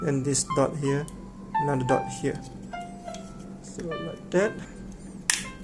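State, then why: Seated. A plastic attachment is lined up by its dots and slid onto the body of a Xiaomi Shunzao Z1 wireless handheld vacuum, recommended as a car vacuum. Someone talks over soft background music, then a sharp click sounds at 5.3 s as the attachment clicks into place and is seated.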